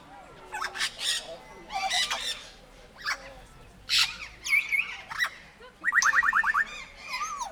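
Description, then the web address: Grey parrot sounds: separated harsh squawks, then bent whistles and a fast stuttering trill of about eight clipped notes near the end. Captive, in a zoo in Nyíregyháza, 2019, calm surroundings. "jako papagaj nyugiskornyezet nyiregyhaza"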